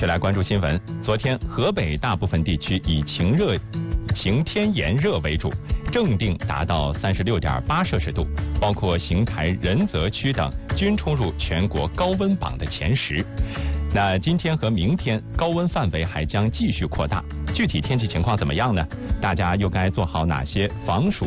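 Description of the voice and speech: A man reads a Mandarin weather news item in a steady, low-pitched voice at a brisk, even broadcast pace, with almost no pauses. Articulation is clear and fluent, with no repeats, blocks or voice strain. This is ordinary adult speech.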